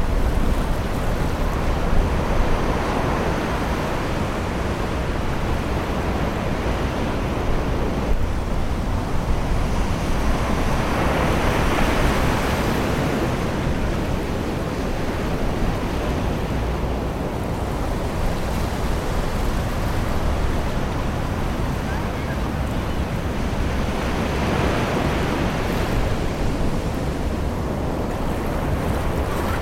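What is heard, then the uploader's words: Steady surf rolls onto a summer beach, a dense low wash that swells every ten seconds or so around 2, 11 and 25 seconds. Summer Serenity on the English Beach. A Secret English beach on a summer's day.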